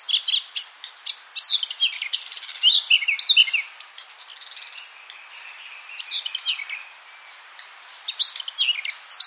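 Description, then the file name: Eurasian blackcap warbling in several short bursts of quick, sliding, scratchy notes with quiet gaps between them. "Sylvia atricapilla"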